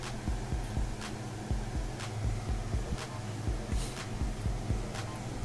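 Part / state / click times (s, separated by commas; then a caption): MMCX cable plug into female MMCX socket in earphone shell / not seated / none. An MMCX cable plug is pushed into a female MMCX socket fitted to the shell of a DUNU D2000j earphone for a detachable cable mod, shown both with and without its retaining ring. A steady low hum runs under regular soft low thumps and a few faint, brief hissy swells, with no sharp sound anywhere. The connector fails to click in, and nothing has seated or clicked yet.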